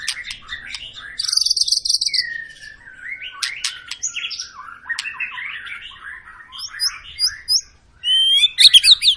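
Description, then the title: White-rumped shama song with buzzy high trills, fluted descending whistles and chattering runs, closing with rapid sharp upswept whistles. Long lure recording of an active, persistently singing bird, meant to prompt other birds to sing. "Pancingan Murai Batu Gacor Panjang"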